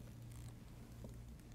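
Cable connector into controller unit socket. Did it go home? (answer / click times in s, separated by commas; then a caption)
no / none. A laser tracker cable connector is lined up by its red dots with the controller unit (MCU) socket and handled before being pushed in. Only a low steady hum and faint handling noise are heard, with a small tick near 0.4 s. Nothing has seated or clicked yet.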